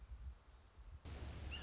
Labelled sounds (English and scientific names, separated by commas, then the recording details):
Red-shouldered Hawk (Buteo lineatus)
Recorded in Sonoma County, California